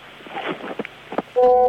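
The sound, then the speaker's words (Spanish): A telephone dialing or ringing effect marking the listener call-in line on the radio station Belgrano AM 650: a short stretch of muffled, choppy sound gives way to a loud, steady electronic tone with several layered pitches that holds to the end. “Este es el teléfono para que los oyentes llamen.”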